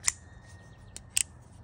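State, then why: Seated. A QSP Vault folding knife's Glide lock is worked, with a sharp metallic click near 0.1 s and a softer tick near 1.0 s. The lock bar snaps back into the blade lock position with a sharp metallic snap at 1.2 s, and the lock is seated.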